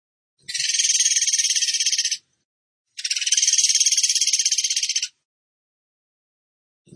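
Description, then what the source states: Bird giving two long, rapid, high-pitched buzzy trills of nearly two seconds each with a short silence between. Bird training (masteran) song in the gacor tembakan style.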